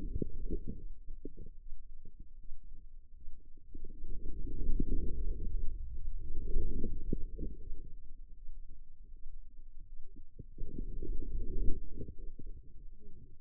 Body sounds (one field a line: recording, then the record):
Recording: forearm muscle sounds (acoustic myography)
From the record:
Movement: inward rotation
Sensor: system 2, bracelet of six BSWA MPA416 microphones around the upper forearm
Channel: 5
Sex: female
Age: 25 years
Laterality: right